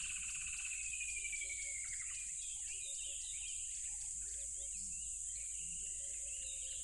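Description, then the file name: Crickets drone constantly at high pitch, with a falling whistle early on and short sparse chirps from other animals. Loud crickets by a tropical river. "smartsound ATMO NATURE Tropical River Loud Crickets"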